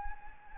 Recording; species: mosquito wingbeat signal from an infrared sensor; Anopheles gambiae